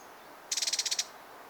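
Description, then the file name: Eurasian wren giving a quick dry rattle of several high ticking notes packed into half a second, then quiet with faint background hiss. "Troglodytes troglodytes"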